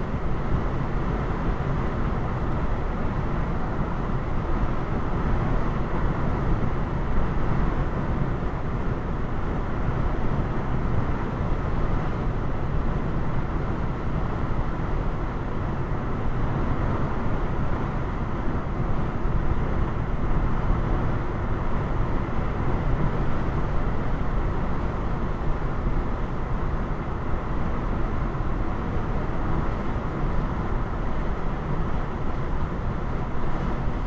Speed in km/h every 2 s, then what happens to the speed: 105, 105, 105, 105, 105, 105, 105, 105, 105, 105, 105, 105, 105, 105, 105, 105, 105.
0-34 steady at about 105.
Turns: none.